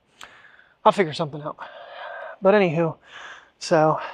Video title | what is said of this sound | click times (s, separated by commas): Fall Yard Clean Up Job (11.6.24 Day 3781) | yeah it's not latching so | none